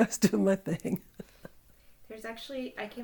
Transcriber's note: laughter